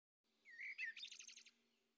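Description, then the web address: Common blackbird song phrase: a short fluty whistled opening, then a rapid squeaky twitter of several quick notes, in a quiet setting. Recorded in the early morning. "Fontainebleau Demo. blackbird"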